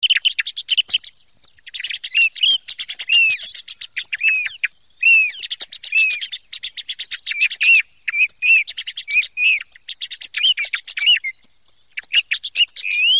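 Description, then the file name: Thrush song: rapid varied phrases of high twittering and clicking notes mixed with clear whistled slurs, delivered in bursts with short pauses. "tordo"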